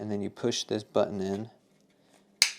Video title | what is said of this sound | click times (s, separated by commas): A Glock Chassis That's Better Than The MCK - Recover Tactical 20/20N | and it'll just click into place so you have a nice mag holder you got an extra mag | 2.4 s